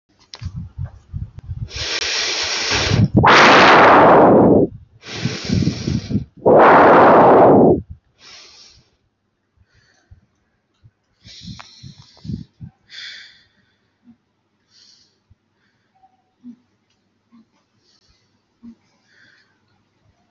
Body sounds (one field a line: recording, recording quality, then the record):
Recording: shallow breathing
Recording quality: moderate, slight background noise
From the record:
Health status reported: healthy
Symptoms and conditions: none ticked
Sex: female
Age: 23 years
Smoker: not ticked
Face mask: not worn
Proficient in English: yes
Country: India